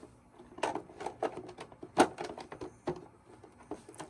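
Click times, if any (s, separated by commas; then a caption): none. An aftermarket clear lens for an Acura Legend light is pressed into the same housing, producing a series of short, sharp plastic taps and rattles, with the loudest knock near 2.0 s. Nothing has snapped in, and the lens sits with a visible gap because its curvature does not match the housing.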